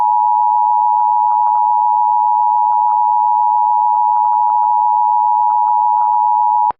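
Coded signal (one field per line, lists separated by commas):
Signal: Emergency Alert System (SAME) tones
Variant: 853 and 960 Hz attention tone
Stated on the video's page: Fictional EAS scenario with fake alerts made to look realistic.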